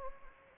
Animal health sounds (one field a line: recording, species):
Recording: mosquito wingbeat signal from an infrared sensor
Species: Anopheles gambiae